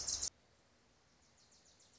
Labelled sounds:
Wilson's Warbler
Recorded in Sonoma County, California

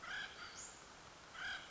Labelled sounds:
Western Flycatcher
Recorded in Sonoma County, California

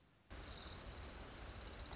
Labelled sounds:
Orange-crowned Warbler
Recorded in Sonoma County, California

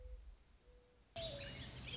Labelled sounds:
Mourning Dove
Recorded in Sonoma County, California

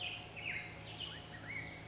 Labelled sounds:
Black-headed Grosbeak
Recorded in Sonoma County, California

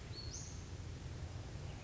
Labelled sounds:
Western Flycatcher
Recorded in Sonoma County, California

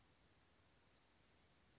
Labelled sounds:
Western Flycatcher
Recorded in Sonoma County, California

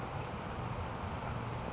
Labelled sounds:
California Towhee
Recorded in Sonoma County, California

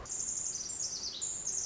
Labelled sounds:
Pacific Wren
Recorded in Sonoma County, California

